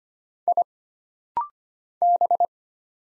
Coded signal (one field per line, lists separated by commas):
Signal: Morse code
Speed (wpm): 25 wpm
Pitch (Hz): 700 Hz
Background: none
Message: I B